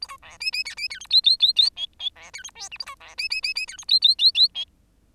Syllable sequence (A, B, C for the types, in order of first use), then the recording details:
A B C D D E D E F G G G G H H C E F I J A B C D D D D E F G G G G H. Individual Bird10